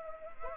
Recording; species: mosquito wingbeat signal from an infrared sensor; Anopheles arabiensis